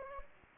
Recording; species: mosquito wingbeat signal from an infrared sensor; Anopheles gambiae